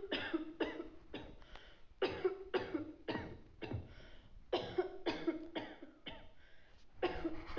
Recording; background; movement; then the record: deep breathing; a bystander coughing; sitting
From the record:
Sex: male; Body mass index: 20.5 kg/m2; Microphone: on the chest, facing outward